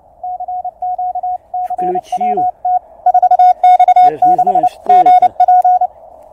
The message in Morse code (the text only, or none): CQ CWT 4X6GP